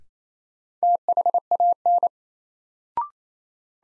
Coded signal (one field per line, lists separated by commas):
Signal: Morse code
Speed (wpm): 28 wpm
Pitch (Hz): 700 Hz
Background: none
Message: THAN